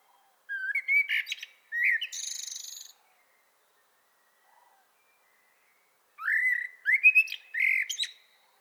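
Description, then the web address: Common blackbird song phrases with flute-like whistles and scratchy high flourishes, broken by about three seconds of quiet. "pub SETE data Turdus merula"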